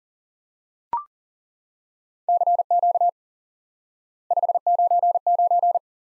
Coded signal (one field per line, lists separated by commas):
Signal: Morse code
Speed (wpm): 42 wpm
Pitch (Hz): 700 Hz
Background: none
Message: CQ 599